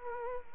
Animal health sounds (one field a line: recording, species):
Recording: mosquito wingbeat signal from an infrared sensor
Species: Culex quinquefasciatus